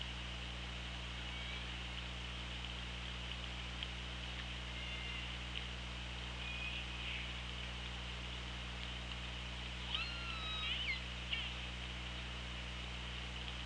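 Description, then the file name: Killer whale calls: faint tonal squeals early on, then two louder rising and falling squeals with bright overtones near the end, over a steady low underwater hum and hiss. Recorded on the OrcaLab hydrophone, 24 August 2017 at 17:14. "Orca Lab UTLN JASON 20170824 171451"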